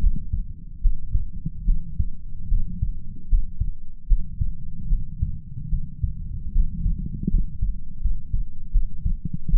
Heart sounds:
heart sounds by stethoscope; 76 bpm
0.80 s: heartbeat
1.64 s: heartbeat
2.47 s: heartbeat
3.27 s: heartbeat
4.06 s: heartbeat
4.87 s: heartbeat
5.68 s: heartbeat
6.51 s: heartbeat
7.28 s: heartbeat
7.99 s: heartbeat
8.70 s: heartbeat
9.49 s: heartbeat
From the record:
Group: healthy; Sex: female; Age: 26 years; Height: 165 cm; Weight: 55 kg

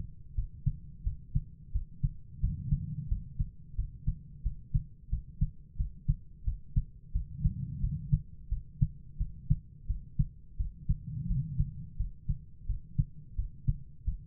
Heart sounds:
heart sounds by stethoscope; 88 bpm
0.34 s: heartbeat
1.02 s: heartbeat
1.71 s: heartbeat
2.39 s: heartbeat
3.07 s: heartbeat
3.74 s: heartbeat
4.42 s: heartbeat
5.08 s: heartbeat
5.76 s: heartbeat
6.43 s: heartbeat
7.11 s: heartbeat
7.79 s: heartbeat
8.48 s: heartbeat
9.17 s: heartbeat
9.86 s: heartbeat
10.56 s: heartbeat
11.26 s: heartbeat
11.96 s: heartbeat
12.65 s: heartbeat
13.35 s: heartbeat
14.04 s: heartbeat
From the record:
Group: healthy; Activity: rest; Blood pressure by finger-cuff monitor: 103/62 mmHg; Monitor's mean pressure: 77 mmHg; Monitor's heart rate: 88 bpm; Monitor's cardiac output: 6.3 L/min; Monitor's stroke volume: 73 mL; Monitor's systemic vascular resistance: 870 dyn s/cm5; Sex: female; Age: 43 years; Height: 160 cm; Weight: 90 kg

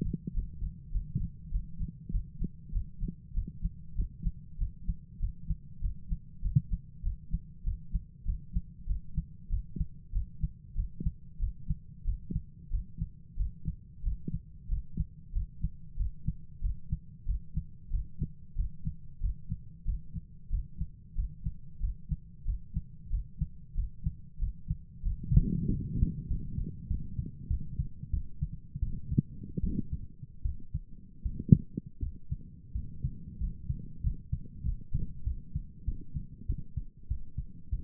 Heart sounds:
heart sounds by stethoscope; 93 bpm
0.33 s: heartbeat
0.91 s: heartbeat
1.51 s: heartbeat
2.11 s: heartbeat
2.71 s: heartbeat
3.33 s: heartbeat
3.95 s: heartbeat
4.57 s: heartbeat
5.19 s: heartbeat
5.80 s: heartbeat
6.41 s: heartbeat
7.02 s: heartbeat
7.63 s: heartbeat
8.24 s: heartbeat
8.86 s: heartbeat
9.48 s: heartbeat
10.11 s: heartbeat
10.74 s: heartbeat
11.38 s: heartbeat
12.04 s: heartbeat
12.70 s: heartbeat
13.36 s: heartbeat
14.02 s: heartbeat
14.68 s: heartbeat
15.32 s: heartbeat
15.96 s: heartbeat
16.60 s: heartbeat
17.25 s: heartbeat
17.90 s: heartbeat
18.55 s: heartbeat
19.20 s: heartbeat
19.84 s: heartbeat
20.49 s: heartbeat
21.14 s: heartbeat
21.79 s: heartbeat
22.44 s: heartbeat
23.09 s: heartbeat
23.74 s: heartbeat
24.38 s: heartbeat
25.02 s: heartbeat
25.65 s: heartbeat
26.27 s: heartbeat
26.87 s: heartbeat
27.47 s: heartbeat
28.10 s: heartbeat
28.80 s: heartbeat
29.61 s: heartbeat
30.42 s: heartbeat
31.23 s: heartbeat
31.99 s: heartbeat
32.72 s: heartbeat
33.38 s: heartbeat
34.01 s: heartbeat
34.63 s: heartbeat
35.24 s: heartbeat
35.85 s: heartbeat
36.46 s: heartbeat
37.08 s: heartbeat
37.69 s: heartbeat
From the record:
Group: healthy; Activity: breath hold 0-26 s, rest 26-38 s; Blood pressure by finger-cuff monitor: 93/62 mmHg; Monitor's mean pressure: 71 mmHg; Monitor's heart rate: 94 bpm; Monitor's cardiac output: 7.2 L/min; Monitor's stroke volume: 77 mL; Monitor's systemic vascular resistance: 690 dyn s/cm5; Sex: male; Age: 19 years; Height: 178 cm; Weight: 83 kg

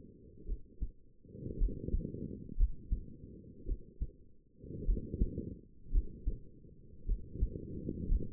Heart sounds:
heart sounds by stethoscope; 55 bpm
0.46 s: heartbeat
1.58 s: heartbeat
2.57 s: heartbeat
3.66 s: heartbeat
4.86 s: heartbeat
5.92 s: heartbeat
7.06 s: heartbeat
8.09 s: heartbeat
From the record:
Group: healthy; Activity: rest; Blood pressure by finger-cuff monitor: 96/60 mmHg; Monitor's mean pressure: 72 mmHg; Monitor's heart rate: 56 bpm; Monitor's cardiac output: 4.9 L/min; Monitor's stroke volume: 90 mL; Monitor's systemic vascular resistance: 1060 dyn s/cm5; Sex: female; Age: 28 years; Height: 170 cm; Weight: 77 kg

